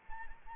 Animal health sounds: mosquito wingbeat signal from an infrared sensor; Anopheles arabiensis

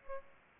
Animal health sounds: mosquito wingbeat signal from an infrared sensor; Aedes albopictus

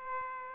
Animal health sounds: mosquito wingbeat signal from an infrared sensor; Aedes aegypti

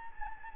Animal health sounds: mosquito wingbeat signal from an infrared sensor; Anopheles gambiae

